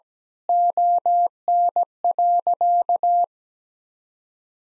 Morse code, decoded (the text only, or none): ON.